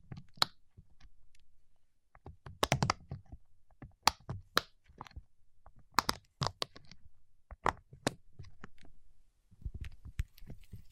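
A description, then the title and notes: Wax fingertips make sharp, dry crackles and snaps, arriving in uneven clusters with brief pauses between them. Some clicks are bright and cutting, others softer, over a low rubbing murmur that comes and goes, busiest around the middle and the end. ASMR with Wax Fingertips for Sleep (No Talking).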